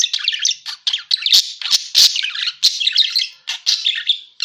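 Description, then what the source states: Parakeet chatter: loud bursts of squawky warbling and sharp chirps, separated by short pauses. Lure sound used to attract and catch parakeets.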